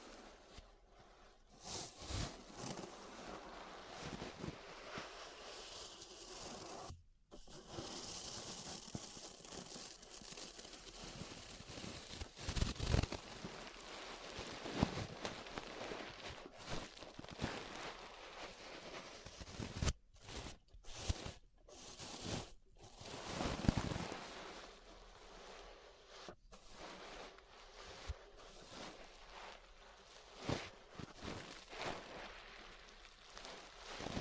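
Ear brushing fills the clip with a dense, hissing swish of bristles rubbing, bright and rough, swelling and fading in uneven strokes. Brief dead-silent breaks cut in around 7 seconds and several times between 20 and 27 seconds before the brushing resumes.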